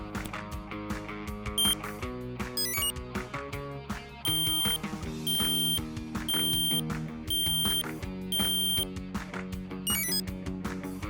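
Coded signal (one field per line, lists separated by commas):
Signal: beep code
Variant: Cuda reflex sight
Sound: short beep, rising chime, five long high beeps about a second apart, closing chime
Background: background music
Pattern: 5 long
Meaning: Five beeps mean the battery is between 80 and 100 percent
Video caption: battery level is reported by a series of beeps followed by an Exit chime to confirm that the battery level check is complete.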